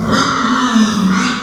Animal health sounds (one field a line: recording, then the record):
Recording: squeal of a Yucatan mini pig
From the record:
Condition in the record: after surgery on the right vocal fold (resection and tissue-engineered implant)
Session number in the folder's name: 14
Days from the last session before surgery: 133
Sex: female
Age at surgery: 19 weeks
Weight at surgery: 25 kg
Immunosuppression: prednisolone